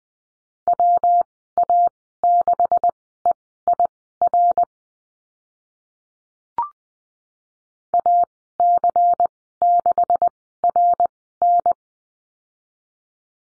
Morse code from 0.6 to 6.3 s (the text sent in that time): WA6EIR